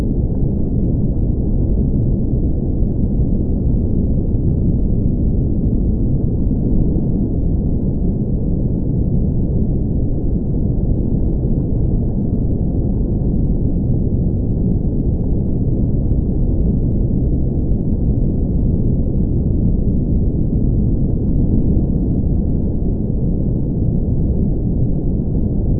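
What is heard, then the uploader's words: A steady, dense low rumble of station noise holds unchanged throughout, dark and muffled with nothing bright above it and no distinct events. Watch the world go by from a low orbit suite and unwind to the soothing and relaxing sounds of the station.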